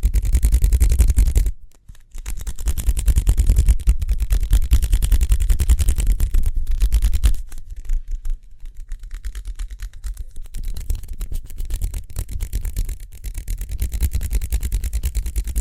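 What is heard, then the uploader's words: Speedy hand sounds: rapid, dense rubbing and tapping with a heavy low thump running underneath. A brief near-silent gap comes around 1.5 to 2 seconds, then the fast scratchy motion resumes, softer and lighter from about 7 to 13 seconds before building again. ASMR Speedy Hand Sounds (No Talking).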